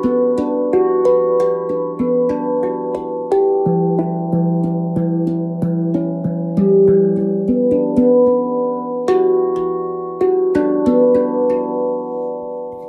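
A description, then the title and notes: A hand pan is played in a steady, flowing pattern, each struck note ringing into the next so the tones overlap and hum together. Notes land several times a second, with a sharper, brighter accent near nine seconds, and the sound stays close and warm throughout. Crafted in the harmonious keys of D# and G, this exquisite instrument resonates with a soothing and ethereal sound. Beautiful sounds of hand pan.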